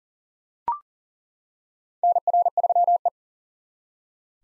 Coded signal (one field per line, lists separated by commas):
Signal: Morse code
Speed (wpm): 40 wpm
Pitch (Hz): 700 Hz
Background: none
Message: NR3E